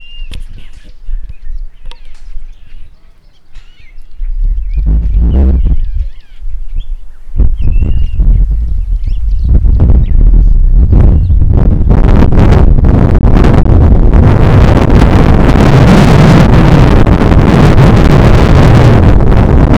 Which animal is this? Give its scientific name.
Urocolius macrourus